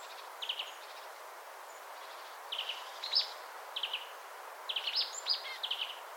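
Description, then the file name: Marsh tit calls: brief scratchy buzzy phrases and thin sharp notes, scattered then bunched toward the end, over faint steady background noise. "Poecile palustris"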